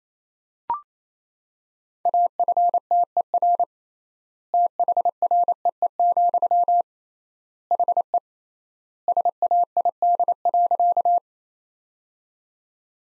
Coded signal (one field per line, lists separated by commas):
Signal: Morse code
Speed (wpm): 28 wpm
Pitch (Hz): 700 Hz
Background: none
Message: AFTER THREE, HE SAID.